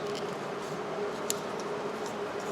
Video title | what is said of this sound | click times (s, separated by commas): How To Replace The Rear Wiper Blade 2010 Infiniti EX35 | and you just push it in. You'll hear it snap in place. | 1.3 s